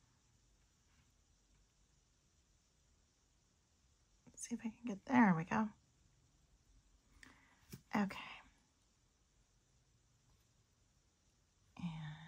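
Someone talks while handling a metal clasp on a finished beaded bracelet or necklace, with a few faint short ticks around 7.2 and 7.7 seconds and a burst of handling noise near the end. The clasp has not clicked closed or locked yet.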